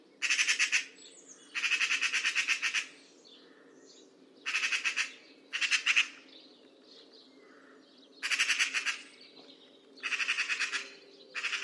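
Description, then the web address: Bird utters about seven short, harsh rasping bursts at uneven intervals, each a quick buzzy rattle, with quieter gaps between. "Bird Only More Classes Pi Pi Pi Pi"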